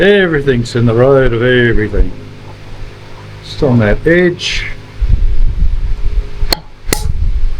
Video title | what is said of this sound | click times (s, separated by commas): Replacing U-Joints DIY first time easier than I thought on the One-Tonner Project driveshaft, #uni, | Boom. You hear it snap in. | 6.5 s, 6.9 s